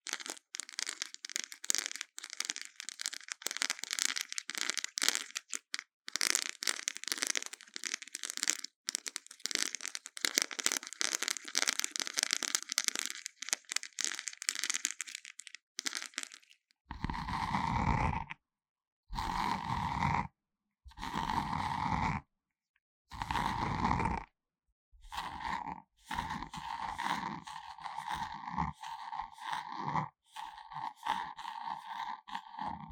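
Intense brain scratching: for the first sixteen seconds a bright, dense scratchy crackle flickers rapidly. Then it turns into louder, deeper rasping bursts with a strong buzzing tone, cut by short silences, before settling into a choppy continuous rasp to the end.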